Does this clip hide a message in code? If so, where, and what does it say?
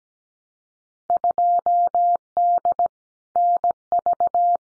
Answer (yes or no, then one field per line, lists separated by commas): yes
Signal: Morse code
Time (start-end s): 1.1-4.6 s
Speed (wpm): 17 wpm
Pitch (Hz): 700 Hz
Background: none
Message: 2D NV